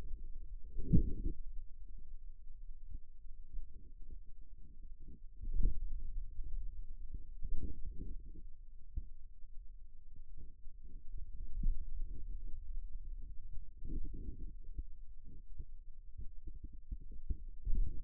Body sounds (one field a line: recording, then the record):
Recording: forearm muscle sounds (acoustic myography)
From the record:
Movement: finger pinch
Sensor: system 2, bracelet of six BSWA MPA416 microphones around the upper forearm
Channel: 5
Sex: male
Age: 22 years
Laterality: right